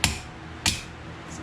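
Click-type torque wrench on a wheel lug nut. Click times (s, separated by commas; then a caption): 0.0 s. A click-type torque wrench set to 100 ft-lb is pulled with slow, steady pressure on a lug nut of a car wheel until it gives a sharp click at 0.04 s, showing the nut has reached torque. A second, similar sharp sound follows at about 0.7 s, then only low background noise remains.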